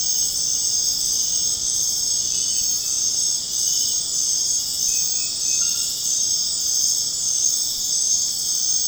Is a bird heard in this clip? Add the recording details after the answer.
no. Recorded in secondary vegetation near Puerto Asís, Putumayo, Colombia, on 25 June 2025 at 19:30. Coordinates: 0.484, -76.319. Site G074